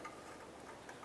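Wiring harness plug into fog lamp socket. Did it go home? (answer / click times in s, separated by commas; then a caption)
yes / 0.9 s. A wiring harness plug is pushed up onto the plastic connector of a new fog lamp on a 2006–2010 Ford Explorer, with a steady low background hiss. A short click sounds at 0.9 s as the connector seats, and the plug is then tugged to check that it is secure.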